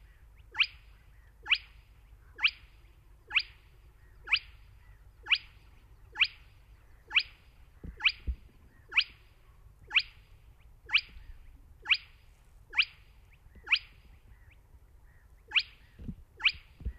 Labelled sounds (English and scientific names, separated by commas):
Spotted Crake (Porzana porzana)